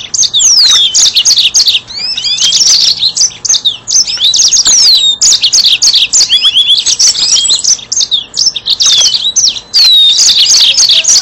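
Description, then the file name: Yellow-fronted canary song, a continuous high run of quick chirps, slurred whistles and rattling trills, busy and varied throughout. "mozambik"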